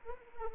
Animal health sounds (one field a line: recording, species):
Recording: mosquito wingbeat signal from an infrared sensor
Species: Anopheles arabiensis